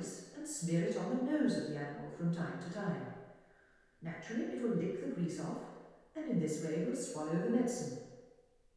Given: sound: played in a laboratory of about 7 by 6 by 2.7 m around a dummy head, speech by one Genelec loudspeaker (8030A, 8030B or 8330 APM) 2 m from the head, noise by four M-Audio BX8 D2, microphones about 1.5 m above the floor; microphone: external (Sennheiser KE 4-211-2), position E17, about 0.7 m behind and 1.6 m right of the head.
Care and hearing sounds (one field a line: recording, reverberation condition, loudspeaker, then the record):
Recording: female speech in English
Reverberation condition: high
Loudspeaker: 30 degrees to the left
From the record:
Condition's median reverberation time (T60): about 1300 ms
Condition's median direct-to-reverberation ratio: about -4.0 dB